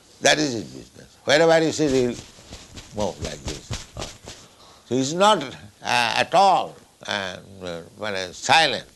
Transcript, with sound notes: That is his business. Wherever he sits, he will move like this. [makes sounds moving arms back and forth] He is not at all silent.